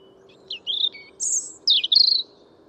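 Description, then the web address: European robin song in clear, separate pieces: short thin notes, a high whistle, then a bright twittering flourish, with faint low hum behind. "Deverinetal 2025 File origin Bird Only Er Ru"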